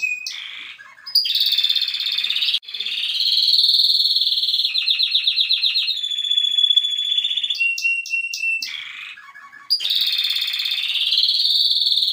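Canary singing continuously, alternating rapid buzzy trills, rattling repeated notes and sustained pure whistles, all high-pitched, with short gaps between phrases.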